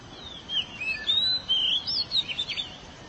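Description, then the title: Oriental magpie-robin song, a rapid run of clear whistles, slurred rising and falling notes and brief rattling trills, with light background hiss. "Suara Kicauan Burung Kacer"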